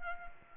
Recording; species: mosquito wingbeat signal from an infrared sensor; Anopheles arabiensis